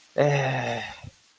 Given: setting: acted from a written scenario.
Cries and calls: vocal sound without words; distress

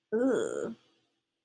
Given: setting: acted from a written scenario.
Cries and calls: vocal sound without words; disgust

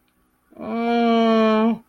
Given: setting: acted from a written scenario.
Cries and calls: vocal sound without words; disappointment

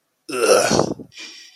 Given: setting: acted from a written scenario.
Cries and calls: vocal sound without words; disgust

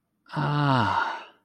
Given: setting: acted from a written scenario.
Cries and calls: vocal sound without words; awe

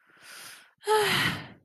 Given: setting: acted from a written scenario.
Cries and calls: vocal sound without words; distress

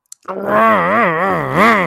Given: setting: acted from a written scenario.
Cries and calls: vocal sound without words; anger

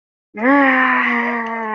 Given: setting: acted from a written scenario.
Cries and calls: vocal sound without words; ecstasy

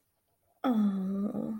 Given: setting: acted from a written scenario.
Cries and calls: vocal sound without words; disappointment

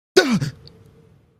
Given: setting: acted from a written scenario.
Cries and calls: vocal sound without words; fear

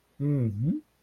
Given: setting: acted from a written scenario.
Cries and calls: vocal sound without words; sympathy

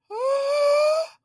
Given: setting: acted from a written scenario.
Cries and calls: vocal sound without words; distress

